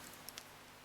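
An end cap is handled into the side plate of a TronixPro Envoy Mag fishing reel, over the bearing, to be pushed fully home after not being all the way in. Two small, sharp clicking hits are heard at about 0.3 s and 0.4 s over a quiet background. Nothing has seated or clicked home yet.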